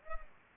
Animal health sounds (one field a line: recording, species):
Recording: mosquito wingbeat signal from an infrared sensor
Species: Culex pipiens